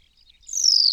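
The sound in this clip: New Zealand pipit call: a brief, high, falling note that begins halfway through and is cut off, after a few faint chirps.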